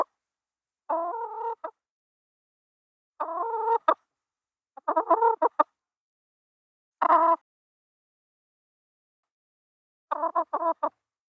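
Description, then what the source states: Chicken clucking in five short bursts of harmonic, nasal notes, each under a second, spaced a few seconds apart with quiet between. Calm clucking.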